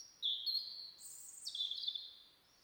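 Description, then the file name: European robin song: high pure whistles, a steady note stepping up to a higher tone, then back down. "Erithacus rubecula"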